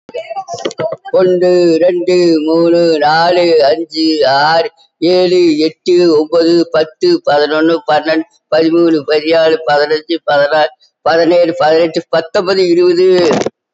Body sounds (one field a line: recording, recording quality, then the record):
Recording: counting at a fast pace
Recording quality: moderate, slight background noise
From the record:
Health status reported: COVID-19 positive, mild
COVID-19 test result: positive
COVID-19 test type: RT-PCR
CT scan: not taken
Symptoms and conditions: cough, cold, muscle pain, chronic lung disease, ischaemic heart disease, another condition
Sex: female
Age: 81 years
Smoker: no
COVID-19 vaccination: none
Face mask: not worn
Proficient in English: no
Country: India